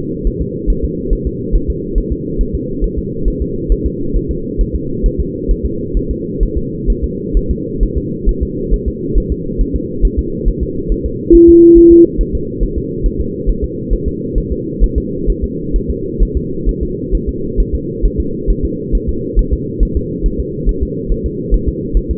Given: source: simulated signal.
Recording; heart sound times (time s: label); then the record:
fetal heart sounds
0.27 s: S1
0.42 s: S2
0.70 s: S1
0.84 s: S2
1.13 s: S1
1.27 s: S2
1.56 s: S1
1.70 s: S2
1.98 s: S1
2.12 s: S2
2.41 s: S1
2.55 s: S2
2.84 s: S1
2.98 s: S2
3.28 s: S1
3.42 s: S2
3.72 s: S1
3.86 s: S2
4.16 s: S1
4.31 s: S2
4.61 s: S1
4.75 s: S2
5.06 s: S1
5.20 s: S2
5.51 s: S1
5.66 s: S2
5.97 s: S1
6.11 s: S2
6.43 s: S1
6.57 s: S2
6.90 s: S1
7.04 s: S2
7.37 s: S1
7.51 s: S2
7.83 s: S1
7.97 s: S2
8.29 s: S1
8.43 s: S2
8.74 s: S1
8.88 s: S2
9.18 s: S1
9.32 s: S2
9.61 s: S1
9.76 s: S2
10.05 s: S1
10.19 s: S2
10.48 s: S1
10.63 s: S2
10.92 s: S1
11.06 s: S2
11.35 s: S1
11.49 s: S2
11.78 s: S1
11.92 s: S2
12.21 s: S1
12.35 s: S2
12.63 s: S1
12.78 s: S2
13.06 s: S1
13.20 s: S2
13.49 s: S1
13.64 s: S2
13.93 s: S1
14.08 s: S2
14.38 s: S1
14.52 s: S2
14.84 s: S1
14.98 s: S2
15.30 s: S1
15.44 s: S2
15.76 s: S1
15.90 s: S2
16.22 s: S1
16.37 s: S2
16.69 s: S1
16.83 s: S2
17.15 s: S1
17.29 s: S2
17.60 s: S1
17.75 s: S2
18.06 s: S1
18.20 s: S2
18.50 s: S1
18.65 s: S2
18.95 s: S1
19.09 s: S2
19.39 s: S1
19.53 s: S2
19.83 s: S1
19.97 s: S2
20.26 s: S1
20.40 s: S2
20.69 s: S1
20.83 s: S2
21.12 s: S1
21.26 s: S2
21.54 s: S1
21.69 s: S2
21.97 s: S1
22.11 s: S2
From the record:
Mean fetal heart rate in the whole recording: 135 bpm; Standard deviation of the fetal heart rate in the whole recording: 3 bpm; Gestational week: 36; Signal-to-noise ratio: -6.6 dB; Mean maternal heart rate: 72 bpm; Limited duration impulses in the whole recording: present